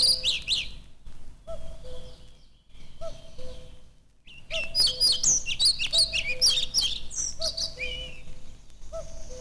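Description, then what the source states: Redwing singing a rapid, scratchy high twitter in two bursts, with steady low, even notes repeating underneath throughout. Heard in overgrown forest clearings; a drawn-out whistle, the whistled trill followed by a quiet, indistinct twitter.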